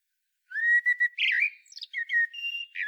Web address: SETE data Turdus merula